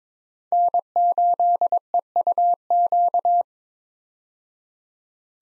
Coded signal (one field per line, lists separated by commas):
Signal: Morse code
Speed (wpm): 21 wpm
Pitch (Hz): 700 Hz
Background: none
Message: N8EUQ